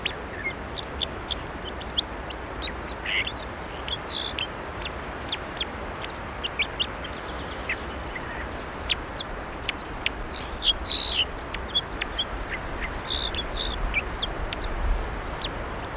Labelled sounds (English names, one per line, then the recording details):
Red Crossbill song
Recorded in the wild
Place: Staphel, Insel Rügen, Mecklenburg-Vorpommern, DE
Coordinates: 54.483, 13.567
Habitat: Forest
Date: 1975-05-31
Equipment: Nagra III BH, Sennheiser MD 21
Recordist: Schubert, Michael